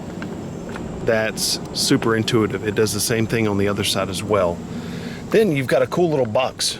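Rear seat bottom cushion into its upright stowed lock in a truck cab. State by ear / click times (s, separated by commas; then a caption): seated / 0.2 s, 0.8 s. The rear seat bottom cushion in the cab of a 2021 Ford F-150 King Ranch hybrid pickup is lifted up into its upright stowed position, making room to carry big items inside out of the weather. Two short, sharp clicks land at 0.2 s and 0.8 s as it locks in place. Someone then talks for the rest of the clip.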